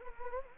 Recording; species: mosquito wingbeat signal from an infrared sensor; Anopheles arabiensis